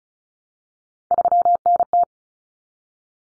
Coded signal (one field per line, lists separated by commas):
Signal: Morse code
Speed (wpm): 34 wpm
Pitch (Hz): 700 Hz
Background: none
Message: 3NT